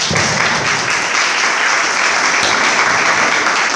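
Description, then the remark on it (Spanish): Loud, steady applause from a crowd welcoming a speaker at a talk, a dense wash of many hands clapping that holds at full strength for several seconds without pause. “Lo recibimos con un gran aplauso.”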